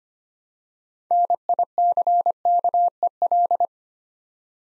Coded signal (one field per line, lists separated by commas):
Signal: Morse code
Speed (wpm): 25 wpm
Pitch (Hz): 700 Hz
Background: none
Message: NICKEL